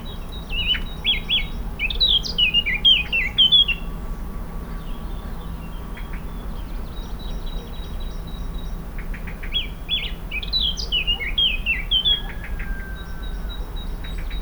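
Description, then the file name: Eurasian blackcap song: two bursts of fast, varied warbling phrases separated by a quieter pause, over low background rumble. "Sylvia atricapilla"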